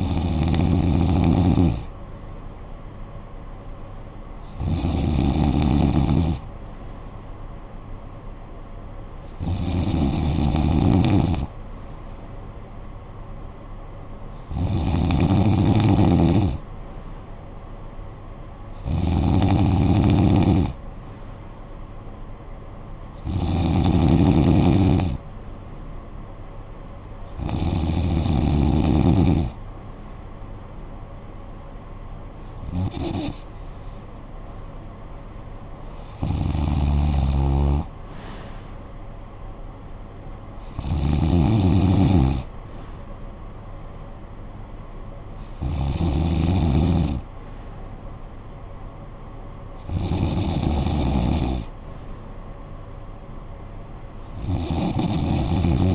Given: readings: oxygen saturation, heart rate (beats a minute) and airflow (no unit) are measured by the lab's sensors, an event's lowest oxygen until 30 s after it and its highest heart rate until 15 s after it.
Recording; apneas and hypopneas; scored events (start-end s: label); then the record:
breathing in sleep by a smartphone at the bedside; none
50.00-55.95 s: new sleep stage, N3 (deep sleep)
From the record:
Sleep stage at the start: N2 (light sleep); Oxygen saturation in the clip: 93 to 94%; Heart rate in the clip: 50 to 63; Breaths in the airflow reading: 12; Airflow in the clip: -11.2 to 6.1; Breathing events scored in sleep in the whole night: 445 in 7.6 hours asleep